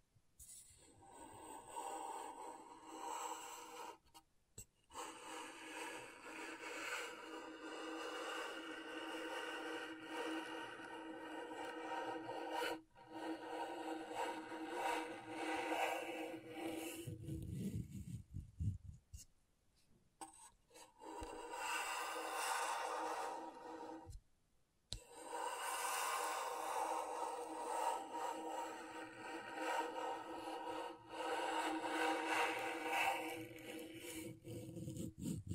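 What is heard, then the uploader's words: A scratchboard being scraped, with long rasping strokes that fill the upper and middle range and run several seconds each. Short silent gaps fall near 4, 13 and 25 seconds, and a quieter, lower stretch around 17 to 20 seconds separates two busy passages. ASMR Brain Tingling Scratchboard (No Talking).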